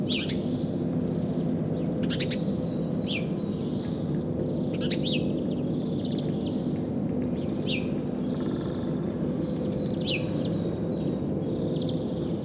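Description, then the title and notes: House sparrow chirping, many short, bright chirps repeated in quick irregular bursts over a steady low rumbling background. Spring nature sounds; Päijät-Häme, Finland. "Ilkka Heiskanen Kevät - Luontoääniä Päijät-Hämeestä A1 Varpunen"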